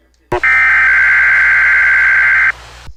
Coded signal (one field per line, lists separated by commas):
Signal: Emergency Alert System (SAME) tones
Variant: header bursts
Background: speech